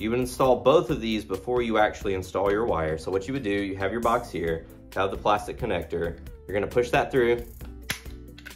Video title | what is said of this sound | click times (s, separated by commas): Installing Recessed Lights? Why You Should Use Romex Connectors! | audible click right | 7.9 s